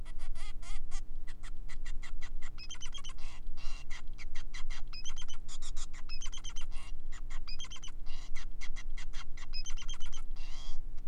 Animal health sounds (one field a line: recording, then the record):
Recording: song of a male Bengalese finch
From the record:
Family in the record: son of father 5